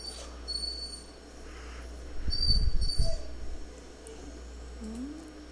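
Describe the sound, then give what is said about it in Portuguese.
A dog named Leca barks in two short, rough bursts close together midway through, over a steady low background hum, with quieter stretches before and after and no talking. “Vocês estão ouvindo a Leca latir, claro.”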